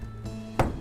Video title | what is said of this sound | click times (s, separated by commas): How to Install the LabStrong™ Rapids™ Type I Water Purification System | that first position and when it locks into place and it's reading with the NFC tag it'll come up with a green checkmark there | 0.6 s